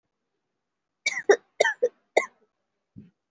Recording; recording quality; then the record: shallow voluntary cough; excellent, no background noise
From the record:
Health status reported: COVID-19 positive, mild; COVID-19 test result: positive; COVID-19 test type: RT-PCR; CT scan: not taken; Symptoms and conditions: sore throat, fever, loss of smell and taste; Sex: female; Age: 18 years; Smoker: no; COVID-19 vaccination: none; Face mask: worn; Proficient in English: yes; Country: India